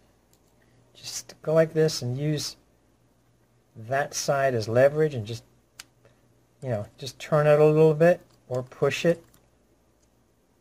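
In the engine bay of a 2008 Audi 4.2L V8 during a valve cover gasket replacement, a flat screwdriver is levered against a retaining clip to disengage it from its mount while someone talks. A sharp click is heard at 5.8 s as the retaining clip snaps open and is released.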